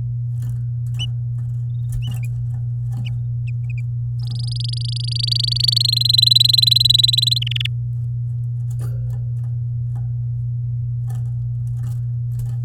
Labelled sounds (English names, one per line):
Domestic Canary song